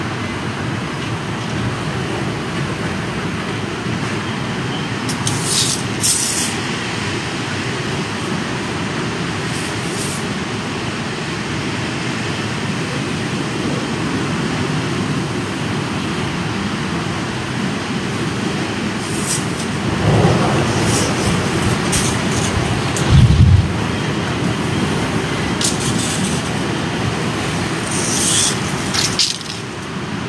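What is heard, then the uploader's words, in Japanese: Strong rainy-season wind roars steadily throughout, a dense low rumble that barely lets up. Short bright rushes or rattles break through around 5–6, 10, 19–21 and 26–29 seconds, and a heavier low thump lands near 23 seconds. とある梅雨入りの強風。風のものすごく強い日がありましたね。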